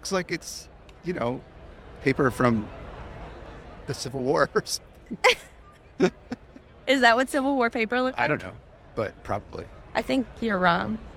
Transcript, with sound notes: It looks like it's, you know, paper from... the civil war or something [laughs]
[Chuckles] Is that what civil war paper looked like?
I don't know. But, probably.
I think you're wrong.